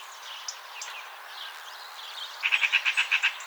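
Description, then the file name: Eurasian magpie giving a short harsh chattering rattle of about eight rapid, evenly spaced notes near the end, after faint background bird calls. "Pica pica"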